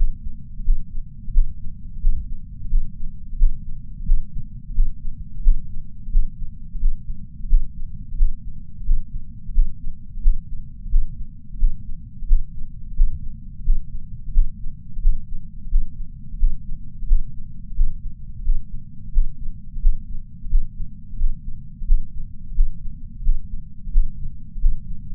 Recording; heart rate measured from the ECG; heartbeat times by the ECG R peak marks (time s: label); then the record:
heart sounds by patch sensor on the chest; 88 bpm
0.64 s: heartbeat
1.33 s: heartbeat
2.01 s: heartbeat
2.70 s: heartbeat
3.37 s: heartbeat
4.06 s: heartbeat
4.74 s: heartbeat
5.42 s: heartbeat
6.11 s: heartbeat
6.80 s: heartbeat
7.49 s: heartbeat
8.17 s: heartbeat
8.85 s: heartbeat
9.54 s: heartbeat
10.21 s: heartbeat
10.90 s: heartbeat
11.59 s: heartbeat
12.27 s: heartbeat
12.95 s: heartbeat
13.64 s: heartbeat
14.33 s: heartbeat
15.01 s: heartbeat
15.70 s: heartbeat
16.39 s: heartbeat
17.07 s: heartbeat
17.75 s: heartbeat
18.44 s: heartbeat
19.13 s: heartbeat
19.81 s: heartbeat
20.50 s: heartbeat
21.18 s: heartbeat
21.87 s: heartbeat
22.55 s: heartbeat
23.23 s: heartbeat
23.92 s: heartbeat
24.60 s: heartbeat
From the record:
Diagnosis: coronary artery disease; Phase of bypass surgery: postoperative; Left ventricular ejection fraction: 69.2%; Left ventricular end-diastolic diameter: 44 mm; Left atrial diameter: 37 mm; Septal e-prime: 6.9 cm/s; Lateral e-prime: 8.2 cm/s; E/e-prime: 11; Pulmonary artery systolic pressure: 21 mmHg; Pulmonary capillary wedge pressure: 12 mmHg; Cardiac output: 4.9 L/min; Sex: male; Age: 63 years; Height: 170 cm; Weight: 85 kg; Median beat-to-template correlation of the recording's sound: 0.93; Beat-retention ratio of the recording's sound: 0.99